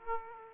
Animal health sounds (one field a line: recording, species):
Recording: mosquito wingbeat signal from an infrared sensor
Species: Aedes aegypti